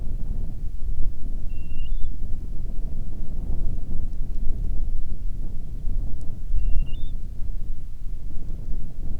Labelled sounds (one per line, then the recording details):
grouse or ptarmigan
wind
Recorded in the Arctic National Wildlife Refuge, Alaska, on 1 June 2019 at 16:55
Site 37